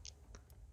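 A plastic cabin air filter cover behind the glove box of a 2012–2016 Honda CR-V is pressed in from both sides into the HVAC housing. Sharp plastic clicks sound at 0.1 s and 0.4 s, with a fainter high tick near 0.5 s, over a low steady hum. The cover's clips snap in and it is seated solid.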